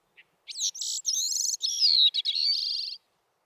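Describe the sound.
Bicknell's Thrush song: a short series of high, thin, buzzy phrases that slide and waver, ending in a trill, with silence around them.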